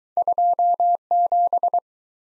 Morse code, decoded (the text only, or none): 27